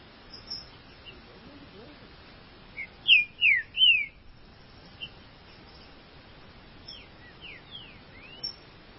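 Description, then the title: Green-winged saltator singing one brief phrase of four rich whistled notes, slurring downward then level, followed by scattered fainter chirps and low hiss. "Trinca Ferro"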